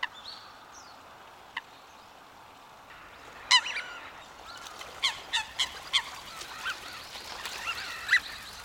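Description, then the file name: Eurasian Coot uttering a series of sharp, metallic notes, spaced irregularly through the second half. "ooban"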